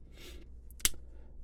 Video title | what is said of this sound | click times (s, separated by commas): Chuck's Reviews Transformers Generations Holiday Optimus Prime | we'll kind of snap into place and sit just like so so | 0.9 s